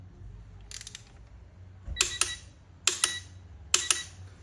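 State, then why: Torque reached. A 3/8 click-type torque wrench set to 25 ft-lb tightens a fastener through a digital torque adapter, with faint ratchet-like ticks near 0.7–1.0 s and then sharp, bright double metallic clicks. The wrench breaks over at 2.9 s and clicks again at 3.7 s, each with a quick follow-up snap, after an earlier double click near 2.0 s. The adapter reads 25.1, confirming the wrench clicks at its setting.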